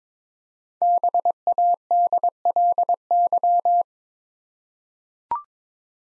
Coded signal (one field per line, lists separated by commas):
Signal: Morse code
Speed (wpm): 22 wpm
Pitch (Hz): 700 Hz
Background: none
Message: BADLY